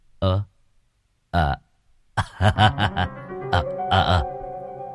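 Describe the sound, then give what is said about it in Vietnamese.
A voice imitates a demon messenger coughing and spitting after spitting out a mass of garlic and scraping its tongue: two short, separate throaty coughs, then a longer loud run of rapid, gurgling, hacking noises with a raspy, retching quality. “Nó ho sù sụ, cạo lưỡi soàn soạt.”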